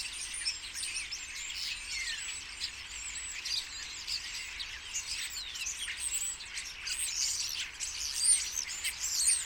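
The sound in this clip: Common starlings keep up a dense, twittering chorus of clicks and thin whistles, louder in short swells.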